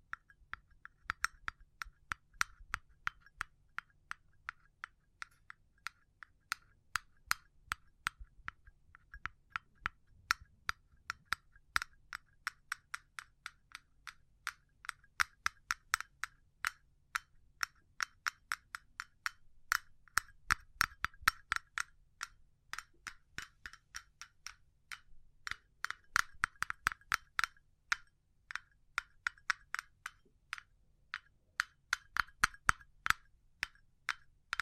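Sharp tapping runs throughout, sometimes in quick dense bursts and sometimes slower and spaced, each tap bright and clicky over a faint low hum.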